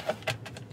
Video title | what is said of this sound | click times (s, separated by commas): 👉 2022 Ford Maverick - Ultimate In-Depth Look in 4K | this kind of snaps in place but | 0.3 s